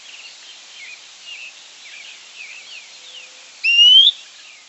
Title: LuckyPassaro Completos2Sama. Fuscous Flycatcher (Cnemotriccus fuscatus)